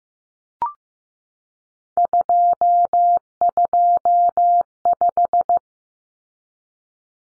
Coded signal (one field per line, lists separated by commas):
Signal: Morse code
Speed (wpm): 15 wpm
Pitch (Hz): 700 Hz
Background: none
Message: 225